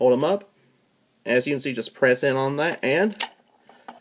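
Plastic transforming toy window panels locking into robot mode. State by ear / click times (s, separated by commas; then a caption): seated / 3.9 s. Someone talks while holding up the plastic window panels of a one-step transforming toy car, the Transformers: Age of Extinction Walmart Exclusive One Step Changer Decepticon Stinger, and pressing in on the release. The plastic figure springs and snaps into place, locking into robot mode with a sharp click at 3.9 seconds.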